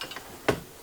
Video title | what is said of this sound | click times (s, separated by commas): 2026 Brinkley Model Z Owner's Quick Start & Overview | And then you're going to want to extend these legs here. You'll feel them lock into place. | 0.5 s